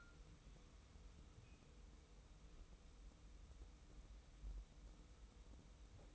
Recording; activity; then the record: daily activity, microphone in the room; wipe stove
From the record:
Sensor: 1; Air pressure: 990.4 hPa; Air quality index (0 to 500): 180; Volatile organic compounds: 1000 ppm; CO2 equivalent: 6646 ppm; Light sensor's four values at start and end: 31/71/30/33 and 31/71/30/33